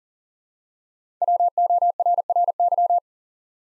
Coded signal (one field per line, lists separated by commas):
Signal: Morse code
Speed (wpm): 40 wpm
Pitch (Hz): 700 Hz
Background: none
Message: WORRY